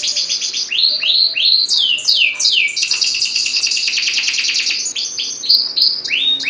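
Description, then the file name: Atlantic canary delivering a lively song of descending slurred whistles alternating with fast, tightly packed high trills, sustained throughout. Domestic canary, standard type. "suara kicauan kenari standar. omkicau"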